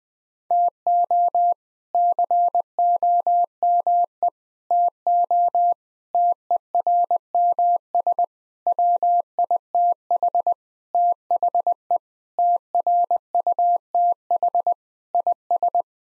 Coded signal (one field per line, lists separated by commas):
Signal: Morse code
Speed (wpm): 21 wpm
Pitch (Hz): 700 Hz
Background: none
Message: TO COME TO TERMS WITH THE TRUTH IS